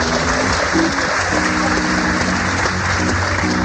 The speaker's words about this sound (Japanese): それでは先ほどから素晴らしい演奏してくださっている私たちの仲間をご紹介したいと思います。一人一人ご紹介したいと思います。温かい拍手よろしくお願いいたします。